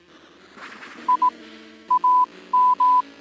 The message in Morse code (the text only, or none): I AM